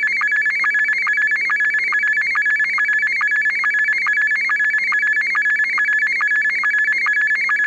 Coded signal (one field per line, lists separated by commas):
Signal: SSTV (slow-scan television)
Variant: Scottie 1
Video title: Fenis SSTV Scottie 1